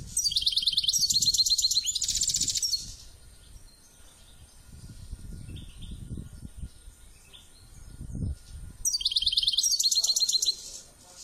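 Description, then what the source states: Finch song: two long bursts of high, dense chattering trills with a low rumbling background noise in between. Labelled 'drunk'; Ilam.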